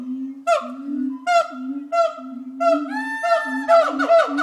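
Gibbon hooting calls: repeated level, resonant notes that overlap into a busier, wavering sequence near the end.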